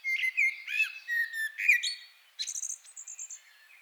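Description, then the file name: Common blackbird song: a run of rich fluted, warbling notes, followed by a high, thin twittering series of rapid repeated squeaks. "Turdus merula"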